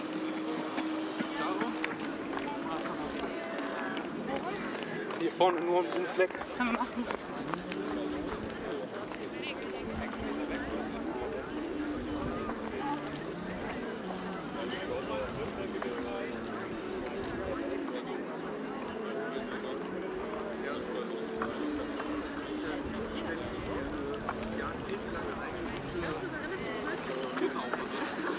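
Hundreds of people go about their activities on Berlin's Tempelhofer Freiheit, a steady, dense murmur of voices with a brief louder burst near five seconds.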